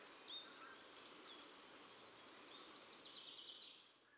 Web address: SETE data Cyanistes caeruleus